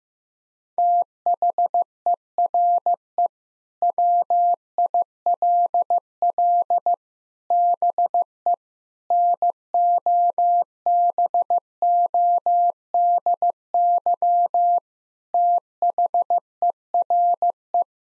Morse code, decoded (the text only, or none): THERE WILL BE NOBODY THERE